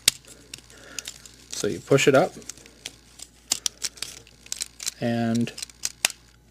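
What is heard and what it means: A plastic head piece is pushed up into the torso of a Transformers Perceptor (Reveal The Shield, Deluxe) transforming robot toy. Someone talks, small plastic clicks and handling noises follow, and a sharp snap at 6.1 s marks the head seating in the right spot.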